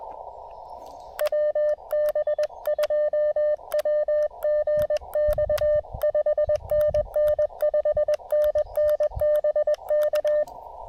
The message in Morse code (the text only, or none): WB2WGX 5NN 5NN BK